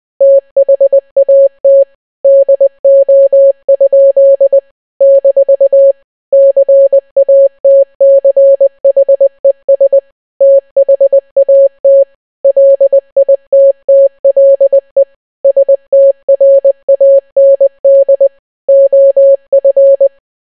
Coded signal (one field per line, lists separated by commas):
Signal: Morse code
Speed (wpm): 20 wpm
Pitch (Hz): 550 Hz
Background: none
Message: THAT DO? - CATCHES THAT LITTLE STRAND OF